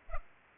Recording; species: mosquito wingbeat signal from an infrared sensor; Culex pipiens